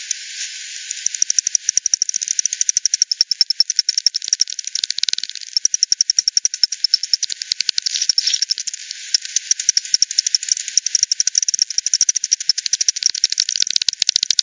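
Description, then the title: Bat echolocation calls rendered as dense trains of rapid dry clicks, several overlapping streams, with brief gaps and bursts of quicker ticking throughout. Several bats at Hogsmill River, Hogsmill Lane, 7 October 2020, 18:10; bat detector recording, frequency-divided by 10, band-pass filtered and resampled. "WW bat 20201007 T 18 : 10 Z-Hogsmill-Lane-Hogsmill-River-multiple-bats"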